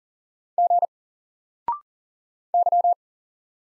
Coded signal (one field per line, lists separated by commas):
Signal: Morse code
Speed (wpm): 40 wpm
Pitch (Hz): 700 Hz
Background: none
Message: G Y